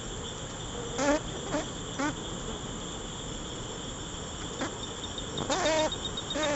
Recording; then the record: honeybee defence experiment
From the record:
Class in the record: control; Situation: empty test tube, no live specimens